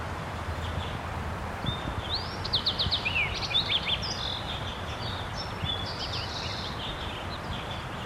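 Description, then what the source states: Crossbill soft song: a quiet, high-pitched run of varied chirps, short trills and buzzy notes lasting a few seconds, over a steady background hiss. Wild crossbill giving soft song, quite distant.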